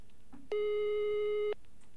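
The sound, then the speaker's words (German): A single steady electronic ringback tone sounds on a telephone line while calling a hotline, a loud buzzy hum lasting about one second, with brief quiet before and after and no talking. “Hoffentlich ist der jetzt endlich da.”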